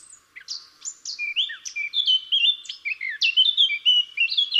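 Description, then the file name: Eurasian blackcap song, a continuous run of scratchy notes mixed with clear, fluty whistled phrases that dip and rise. "Sylvia atricapilla"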